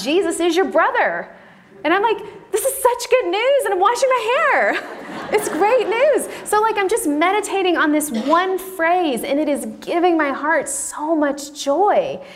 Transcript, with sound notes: Jesus is your Brother.” And I’m like, “This is such good news!” and I’m washing my hair! (laughter) It’s great news! So, I’m just meditating on this one phrase, and it is giving my heart so much joy.